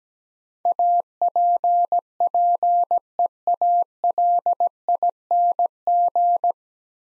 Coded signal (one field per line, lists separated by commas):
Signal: Morse code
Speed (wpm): 17 wpm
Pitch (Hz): 700 Hz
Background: none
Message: APPEALING